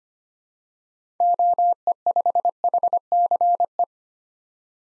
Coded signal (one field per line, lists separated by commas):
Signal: Morse code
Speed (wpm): 25 wpm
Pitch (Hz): 700 Hz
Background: none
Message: OE5HCE